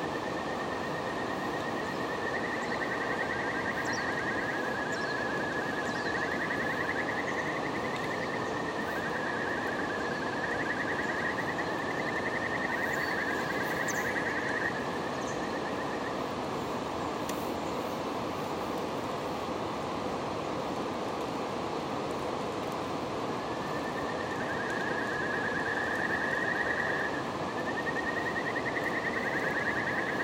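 A riverside morning at a campground, filled with the steady, dense rush of flowing water that never lets up. A wavering, high insect-like drone rides over it for the first half and returns near the end, with a few faint chirps scattered throughout.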